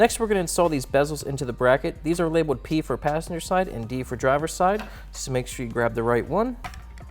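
Someone talks while handling a molded ABS fog light bezel, labeled for passenger or driver side, about to be pushed up from the bottom into its powder-coated steel mounting bracket on a 2017-2020 Ford F-150 Raptor fitted with a KC HiLiTES White Spot & Flood LED kit. Speech fills the clip, with a faint sharp tick near the very end. Nothing has seated or clicked yet.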